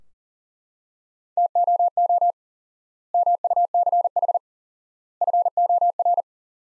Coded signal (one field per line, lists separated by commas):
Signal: Morse code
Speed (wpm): 40 wpm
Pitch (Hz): 700 Hz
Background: none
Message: TOO MUCH FOR